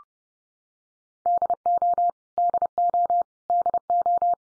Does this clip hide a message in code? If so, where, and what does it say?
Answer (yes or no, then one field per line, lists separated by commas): yes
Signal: Morse code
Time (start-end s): 1.3-4.3 s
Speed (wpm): 30 wpm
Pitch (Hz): 700 Hz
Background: none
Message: DO DO DO